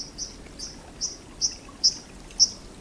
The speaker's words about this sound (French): Un petit oiseau sous-marin dit ruisseau existe bel et bien. Je vous présente le cincle plongeur.